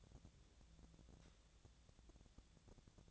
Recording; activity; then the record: daily activity, microphone in the room; take from stove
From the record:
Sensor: 3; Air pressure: 1000.0 hPa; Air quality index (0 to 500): 125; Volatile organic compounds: 2 ppm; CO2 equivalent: 1123 ppm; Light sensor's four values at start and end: 46/115/49/55 and 46/115/50/55